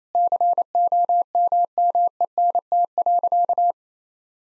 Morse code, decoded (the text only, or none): COMMENT.